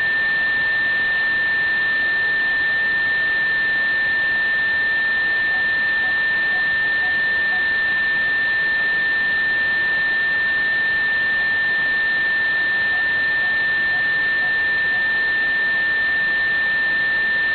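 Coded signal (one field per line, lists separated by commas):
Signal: JT65, JT9 or WSPR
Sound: a single steady, pure-sounding tone held for the whole clip over hiss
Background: radio static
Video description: Currently VK4ADC's transmissions consist of one WSPR cycle, an odd and even FT8 ID and a CW ID sequentially. My receiver was slightly off frequency during this recording so I was unable to decode the WSPR.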